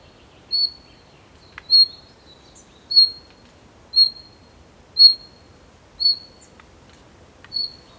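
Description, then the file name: Bird calls, a high clear whistled note repeated roughly once a second in a steady series, with a few faint clicks between. "PAJAROS"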